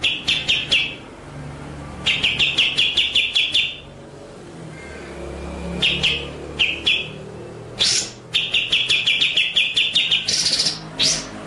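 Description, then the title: White-rumped shama song: repeated phrases of quick, buzzy, stuttering notes, some short and some drawn out, with harsher high sweeps toward the end. Masteran (training) track of white-rumped shama song, delivered in full 'ngerol' (rolling) and 'nembak' (shooting) style. "Masteran Murai Batu Full Ngerol Nembak"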